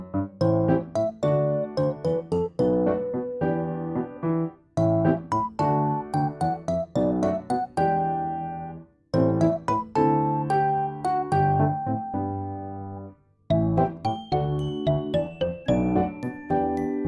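Smooth piano plays a steady run of chords and melody, low notes ringing under brighter repeated tones. The music pauses briefly around 5, 9 and 13 seconds, each phrase fading before the next begins. No other sounds stand out.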